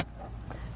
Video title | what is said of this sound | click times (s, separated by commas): etrailer - A Closer Look at the Valterra Hose Quick Connect with 90-Degree Hose Saver | It snaps right into place. | 0.5 s